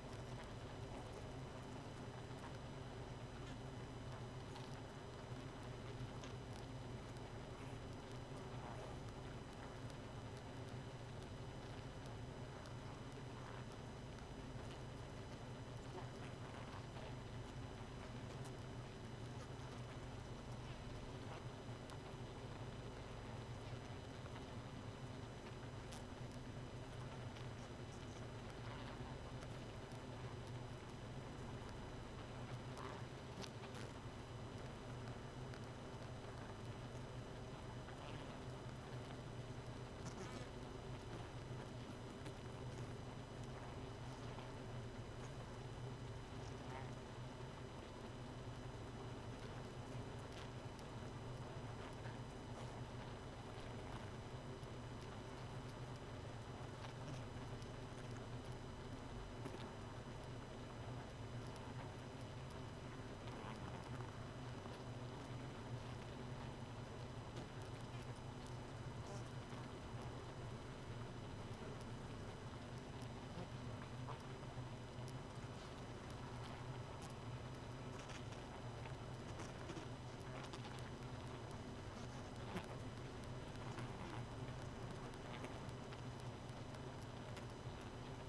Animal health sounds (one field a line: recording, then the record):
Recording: honeybee colony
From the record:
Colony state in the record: missing queen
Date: 31 May 2018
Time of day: 0:53